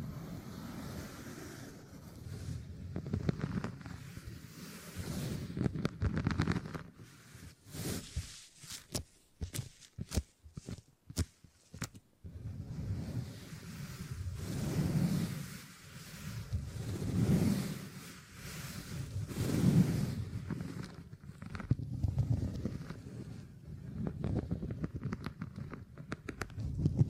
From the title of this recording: Brain Tingly Sounds Using Beeswax